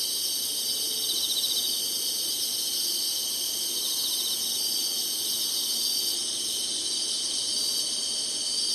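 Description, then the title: Insects fill the air with a loud high buzzing chorus. Singing, in summer. "SINGING INSECTS SUMMER"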